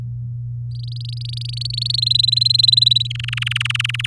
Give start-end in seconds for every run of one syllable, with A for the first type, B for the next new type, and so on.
0.71-1.96 A, 1.98-3.07 B, 3.10-4.06 C